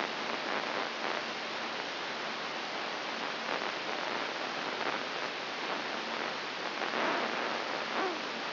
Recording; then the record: brain microelectrode recording played as sound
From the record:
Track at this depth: inside the subthalamic nucleus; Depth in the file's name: 4.14 mm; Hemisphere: right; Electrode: 3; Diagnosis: Parkinson's disease